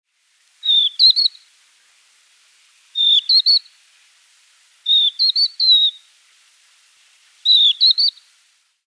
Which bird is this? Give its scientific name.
Galerida cristata